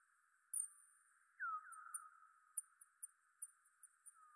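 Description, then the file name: Bat calls, a loud high chirp then a lower double sweep with a long tail, followed by a scatter of short high chirps. Bat movement in the Rayol Gondwana garden. "Rayol Gondwana Mouvementde Chauve Souris Mercier Glotin"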